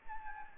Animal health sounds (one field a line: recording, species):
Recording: mosquito wingbeat signal from an infrared sensor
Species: Anopheles gambiae